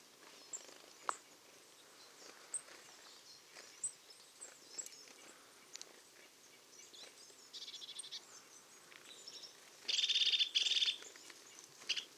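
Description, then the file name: Marsh tit buzzy call: a couple of harsh, rasping bursts near the end, with faint ticks before. "Poecile palustris"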